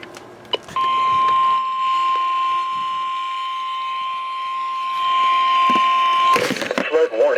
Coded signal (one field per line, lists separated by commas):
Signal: Emergency Alert System (SAME) tones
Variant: 1050 Hz attention tone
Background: speech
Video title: Moderate Flash Flood Risk.. Four Days of EAS Alerts from July 8th-11th, 2023 (EAS #348-381)